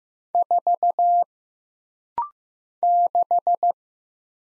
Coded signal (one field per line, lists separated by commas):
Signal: Morse code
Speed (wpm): 15 wpm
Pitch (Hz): 700 Hz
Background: none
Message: 4 6